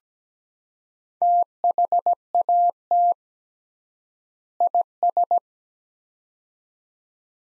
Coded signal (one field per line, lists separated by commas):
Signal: Morse code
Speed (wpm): 17 wpm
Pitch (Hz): 700 Hz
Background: none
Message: THAT IS